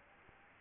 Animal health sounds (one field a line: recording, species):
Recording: mosquito wingbeat signal from an infrared sensor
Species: Aedes albopictus